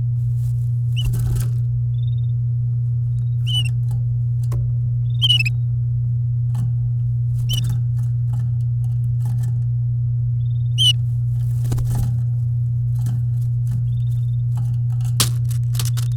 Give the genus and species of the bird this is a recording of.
Serinus canaria